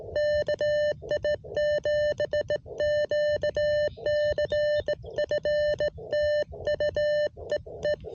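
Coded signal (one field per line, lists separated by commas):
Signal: Morse code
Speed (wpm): 17 wpm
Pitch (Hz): 590 Hz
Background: none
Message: KI7QCF TU EE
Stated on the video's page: CW POTA park activation with an Elecraft KX1 QRP rig, Bamatech EHT-II paddle, 12V battery power.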